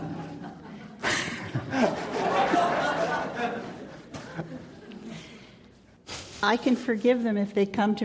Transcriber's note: laughs